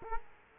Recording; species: mosquito wingbeat signal from an infrared sensor; Culex quinquefasciatus